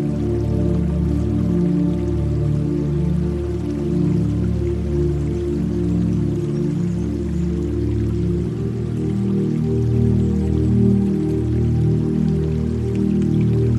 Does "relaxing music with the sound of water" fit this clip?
yes